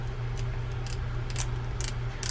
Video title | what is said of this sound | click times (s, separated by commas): How to Service & Upgrade a Quantum Escalade Baitcasting Reel Boca Bearings Ceramic Upgrade Tutorial | Now you can hear the click going in, telling you it's setting. | 0.9 s, 1.3 s, 1.4 s, 1.8 s, 2.2 s, 2.3 s